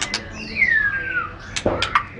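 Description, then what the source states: White-rumped shama whistle: one long clear note sliding downward, framed by sharp clicking chips at the start and end. Murai batu named Matrix, associated with Pawang BC, Lhokseumawe; songbird-contest (kicau) context.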